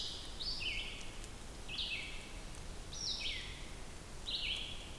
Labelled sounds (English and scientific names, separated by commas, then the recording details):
Red-eyed Vireo (Vireo olivaceus) song
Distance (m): 45 m
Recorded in boreal forest in Alberta, Canada, on 2 June 2016 at 07:52
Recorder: SongMeter 3, array SBT-3-7
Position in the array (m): 74 m, 141 m